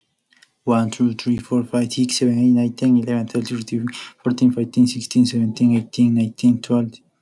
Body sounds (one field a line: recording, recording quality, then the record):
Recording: counting at a fast pace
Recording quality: excellent, no background noise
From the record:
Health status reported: healthy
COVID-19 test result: not tested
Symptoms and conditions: none ticked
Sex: male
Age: 27 years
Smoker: not ticked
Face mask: not worn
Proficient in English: no